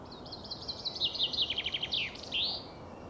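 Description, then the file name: Common chaffinch song: a fast, bright trill dropping in steps through several phrases, ending in a short rising flourish. Steady low background hiss. "Fringilla coelebs"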